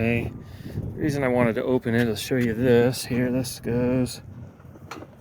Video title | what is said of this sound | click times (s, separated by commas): 2023 toyota 4runner with nguyen works rear bumper and tire carrier swing out | locks into place. | 4.9 s